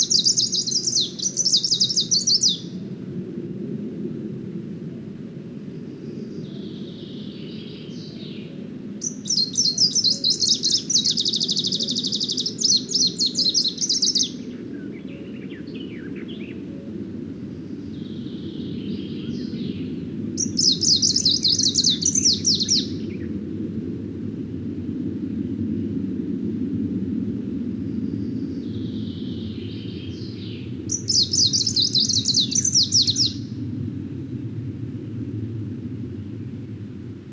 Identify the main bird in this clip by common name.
Greenish Warbler